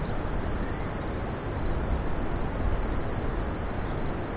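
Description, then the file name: Cricket trilling continuously, a fast pulsed high-pitched chirp with a faint higher overtone, steady for the whole stretch over a soft low rumble. "grillons"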